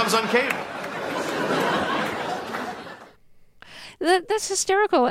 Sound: laughter